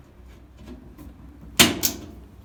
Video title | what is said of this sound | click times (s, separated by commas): Whirlpool dryer door catch replacement in Telugu | lock అయిపోయింది, చూసారు కదా. | 1.8 s